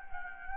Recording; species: mosquito wingbeat signal from an infrared sensor; Anopheles gambiae